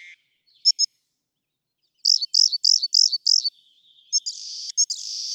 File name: Rock Wren